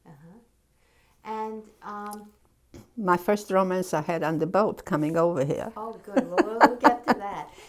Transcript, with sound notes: Uh-huh. And ah...
My first romance I had on the boat coming over here. (She laughs.)
Oh, good. We'll get to that.